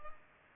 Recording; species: mosquito wingbeat signal from an infrared sensor; Culex pipiens